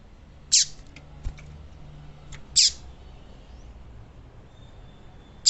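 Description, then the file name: Yellow-bellied seedeater uttering a few loud, sharp descending chips, roughly two to three seconds apart, over quiet background hiss. Female bird singing. "canto do papa capim femea"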